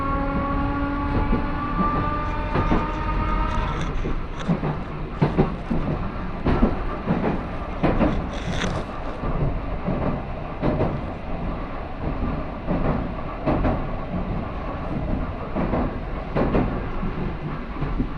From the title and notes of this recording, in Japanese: 万葉線 高岡駅→越ノ潟。電車は吊りかけモーターなので中々の唸りをあげています。